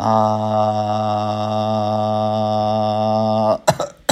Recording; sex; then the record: sustained vowel /a/; male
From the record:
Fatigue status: fatigue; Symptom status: symptomatic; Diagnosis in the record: COVID-19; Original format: m4a